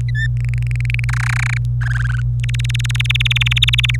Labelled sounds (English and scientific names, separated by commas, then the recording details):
Domestic Canary (Serinus canaria) song
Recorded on 25 April 2018 at 14:30
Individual llb3